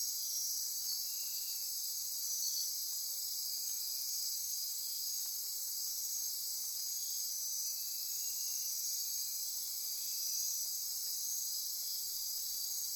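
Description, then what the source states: Insects in chorus, steady high-pitched ringing in several stacked tones, with quieter lower trills fading in and out throughout. Insect chorus recorded at midnight near Corcovado.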